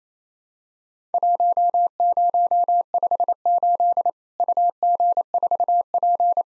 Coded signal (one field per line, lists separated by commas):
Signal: Morse code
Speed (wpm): 28 wpm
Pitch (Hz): 700 Hz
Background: none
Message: 1058 UG4P